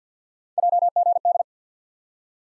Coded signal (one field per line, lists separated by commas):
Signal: Morse code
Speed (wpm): 50 wpm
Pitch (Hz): 700 Hz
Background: none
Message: JGD